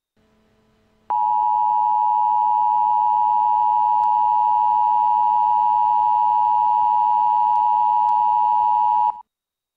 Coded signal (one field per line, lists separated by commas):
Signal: Emergency Alert System (SAME) tones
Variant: 853 and 960 Hz attention tone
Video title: Mock EAS: Tornado Warning for Los Angeles County